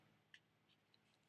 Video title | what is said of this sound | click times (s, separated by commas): Plastic Carburetor Cleaning on 450E Briggs & Stratton E-Series Engine on Bolens Lawn Mower | ring snaps in there. | 0.3 s